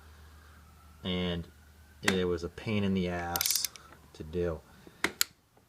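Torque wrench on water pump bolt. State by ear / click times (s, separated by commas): torque reached / 5.0 s, 5.2 s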